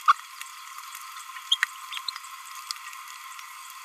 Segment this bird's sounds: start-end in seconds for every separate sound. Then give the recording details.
1.52-1.57. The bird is a male. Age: 27 days. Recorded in a nest box in Venezuela. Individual 17B31A2